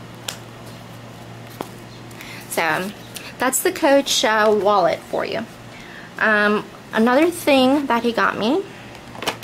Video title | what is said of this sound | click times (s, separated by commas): Coach Wallet & Purse | basically I don't know if you can hear the snap yeah | 0.3 s